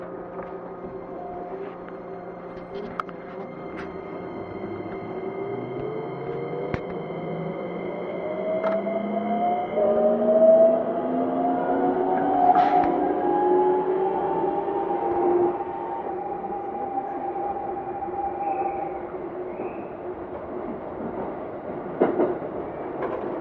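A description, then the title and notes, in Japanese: A Keikyu 2100 series train running between Yokohama and Misakiguchi, its motor whine climbing steadily in pitch as it accelerates over a constant rolling rumble. The sound swells around the middle, with occasional sharp clicks and knocks from the wheels throughout. 京急2100形 横浜〜三崎口。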